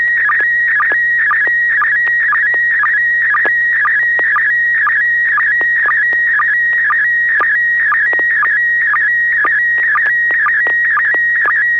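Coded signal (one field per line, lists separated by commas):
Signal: SSTV (slow-scan television)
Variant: PD120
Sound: steady high warbling tone with rhythmic low chirps about twice a second, occasional clicks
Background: low hum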